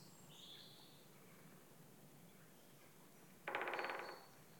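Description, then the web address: Woodpecker drumming: one quick burst of rapid wooden knocks, with faint high bird calls and a soft wind hiss behind it. Woodland atmosphere with wind and other birds. "Mindful Audio - Woodland Atmosphere MAFX 001 dew drops wind birds woodpecker"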